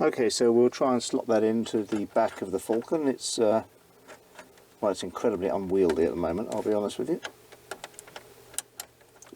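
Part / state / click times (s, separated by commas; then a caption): SCSI storage adapter into the computer's rear SCSI port / seated / 8.6 s, 8.8 s. A BlueSCSI adapter board is pushed into the SCSI port on the back of an Atari Falcon computer while someone talks. A few light taps and scrapes are followed by two sharp clicks at 8.6 and 8.8 seconds as the adapter seats in the port.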